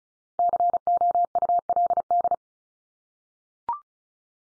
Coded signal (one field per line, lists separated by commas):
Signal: Morse code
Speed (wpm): 34 wpm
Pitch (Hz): 700 Hz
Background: none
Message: COULD